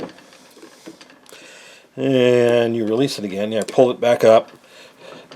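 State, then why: Not seated. The metal thread die head on a Logan lathe turret threading attachment is released and pulled back up toward its locked cutting position while someone talks. A few faint taps of handling are heard. Nothing has seated or clicked into place yet.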